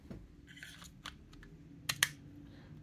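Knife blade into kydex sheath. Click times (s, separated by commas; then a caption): 1.9 s, 2.0 s. A knife is pushed into a custom thermoformed kydex sheath, with soft scraping and light taps as the blade slides in. Two sharp, bright clicks at 1.9 and 2.0 seconds mark the retention snapping over the blade, and the knife is seated firmly in the sheath.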